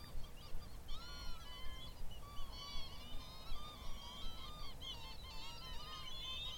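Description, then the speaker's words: Northern Lapwing roosting calls: wheezy, slurred notes rising and falling in a busy flock chorus over a low, steady rumble. Roosting flock of lapwings giving a gentle wheeze and chortle, settling at dusk on a still winter evening at the end of 2021, shallow coastal lagoon near the mouth of the River Parrett, Somerset. "The last light sparkles on the water of a wide, shallow lagoon, while the gentle wheeze and chortle of roosting lapwings and the whistles of redshanks rise to meet the coming dark."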